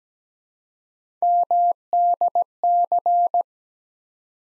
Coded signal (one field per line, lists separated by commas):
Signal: Morse code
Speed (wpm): 17 wpm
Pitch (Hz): 700 Hz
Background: none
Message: MDC